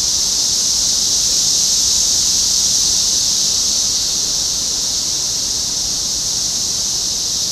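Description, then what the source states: Cicadas droning together in one constant, high, sizzling buzz that never breaks across the whole stretch. Several cicadas recorded in Topeka, Kansas, United States, on 14 June 2015.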